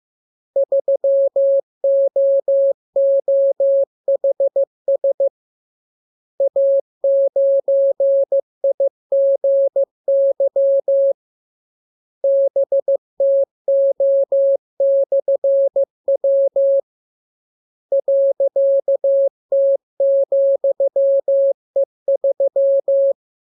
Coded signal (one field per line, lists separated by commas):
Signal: Morse code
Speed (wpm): 15 wpm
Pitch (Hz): 550 Hz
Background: none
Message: 3OOHS A9IGY BTO/W .T,E3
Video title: Learning Morse Code. Lesson 31. Letter KMURESNAPTLWI.JZ=FOY,VG5/Q92H38B